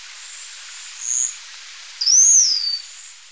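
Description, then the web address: Slaty-backed chat-tyrant giving a thin, very high whistle that rises then falls in an arch, preceded by a fainter short note, over a steady high hiss. Recorded in Ecuador, South America. "Natures Songs S America Birds of Ecuador Slaty-backed Chat-Tyrant"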